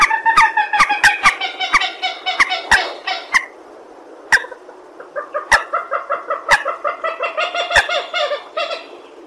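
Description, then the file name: Purple swamphen calling in two bursts of quick, nasal, honking notes with rich harmonics, separated by a brief lull, with sharp clicking sounds interspersed. "tieng trich re keu"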